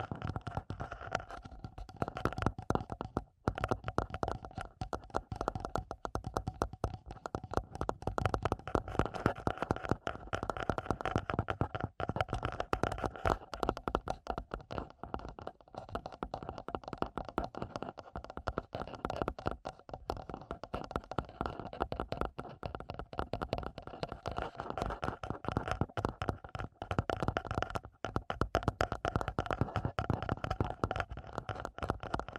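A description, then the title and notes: Fast tapping runs continuously for the full half minute, a dense stream of quick, sharp clicks with no real pauses. The taps are mostly even in strength, with a few brief dropouts near three and twenty-eight seconds, over a steady low hum. ASMR 1 Hour Fast Tapping for Sleep (No Talking).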